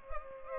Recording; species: mosquito wingbeat signal from an infrared sensor; Culex pipiens